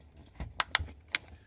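A plastic wire harness connector is closed back onto the evaporator fan motor of a GE CWE23SSHHSS refrigerator, giving sharp, bright snaps at 0.6 and 0.8 seconds, followed by another similar tick a little later. The connector is seated; this snap has to be heard, or the connector is not installed properly.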